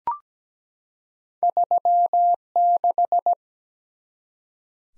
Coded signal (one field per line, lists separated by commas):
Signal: Morse code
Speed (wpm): 17 wpm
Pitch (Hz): 700 Hz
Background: none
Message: 3 6